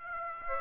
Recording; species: mosquito wingbeat signal from an infrared sensor; Aedes aegypti